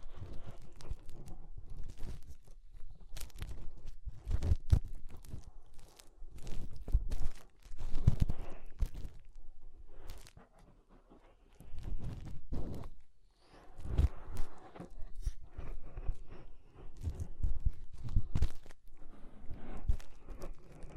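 Fingers rub and press in an inner ear, producing dense, muffled crunching and scratching in bursts of a second or two, separated by brief quiet gaps. Low thumps and crackles dominate, with sharper clicks scattered throughout and occasional brighter rustling.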